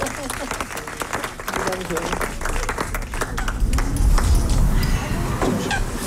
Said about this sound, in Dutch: Mag ik nog één applaus